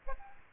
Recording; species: mosquito wingbeat signal from an infrared sensor; Aedes aegypti